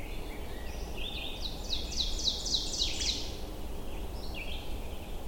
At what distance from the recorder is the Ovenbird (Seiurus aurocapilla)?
about 40 m